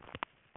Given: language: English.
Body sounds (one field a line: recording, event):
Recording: throat vibration sensor signal played as sound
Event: swallow